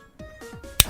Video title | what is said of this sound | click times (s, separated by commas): Is Flash Sagittario The ULTIMATE 4D Evolution!? - Beyblade Unboxing & Battles | that's how that's another way you can tell if something's real if the tip in the track do a really nice click | 0.8 s